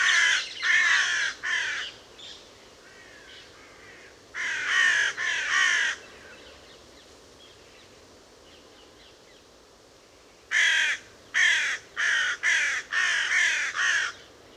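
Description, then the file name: Carrion crow cawing: harsh, hoarse caws in three bursts, three calls, then three more, then a longer run of about six caws near the end, with quiet gaps between. "Corvus corone"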